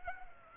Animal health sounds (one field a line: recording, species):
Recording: mosquito wingbeat signal from an infrared sensor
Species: Aedes aegypti